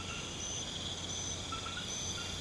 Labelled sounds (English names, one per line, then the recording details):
none
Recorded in pastures near Puerto Asís, Putumayo, Colombia, on 24 March 2025 at 00:30
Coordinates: 0.472, -76.329
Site G074